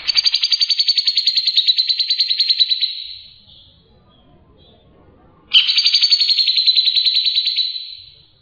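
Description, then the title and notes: Bird song with two long, fast, rattling trills, each lasting around three seconds, separated by a quiet pause of roughly two and a half seconds. Bird song for training pet birds. "Suara Kicauan Burung untuk memaster burung kesayangan"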